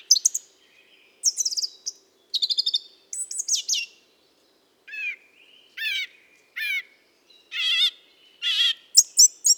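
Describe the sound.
Mistle thrush singing short, loud fluty phrases separated by brief pauses, varied from phrase to phrase.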